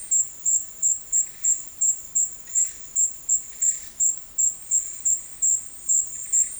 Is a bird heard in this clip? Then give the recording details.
no. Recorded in dense forest near Puerto Asís, Putumayo, Colombia, on 20 February 2024 at 10:30. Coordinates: 0.484, -76.317. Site G6464